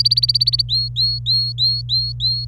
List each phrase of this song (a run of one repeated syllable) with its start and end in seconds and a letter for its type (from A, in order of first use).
0.00-0.62 A, 0.69-2.45 B